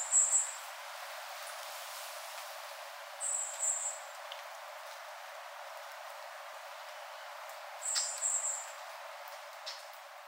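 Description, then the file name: Iriomote tit calls: short, high double notes given three times, roughly every four seconds, over a steady hiss of background noise. Recorded on Ishigaki, 3 January 2023. "oriiyamagara ishigaki someyac"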